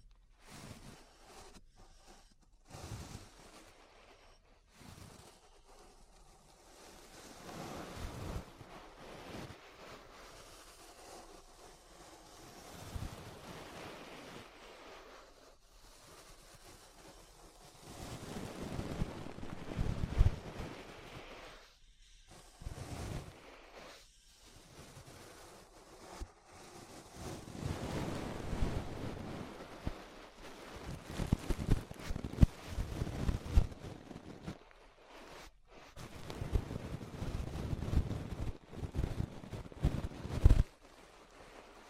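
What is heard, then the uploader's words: Ear brushing: soft, rushing strokes that swell and fade like surf or wind, with short dull taps mixed in. The first fifteen seconds are sparse and quiet; after that the strokes come denser and louder, in irregular waves, with brief silent gaps. ASMR Relaxing 3Dio Ear Brushing (No Talking).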